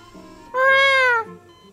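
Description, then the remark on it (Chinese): A single muffled cat meow from a white cat inside a backpack worn on someone's back, loud and drawn out for under a second, its tone rising slightly and then falling, over a faint low background hum with no talking. “正在这时，一声不甚清晰的猫叫从吴恙背后的双肩包里传了出来。”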